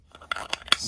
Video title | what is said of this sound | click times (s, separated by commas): ✨👽Let's Unbox and Review the new Alien x Monster High Skullector Doll!👽✨ | As you can see, it just snaps right into place. | 0.7 s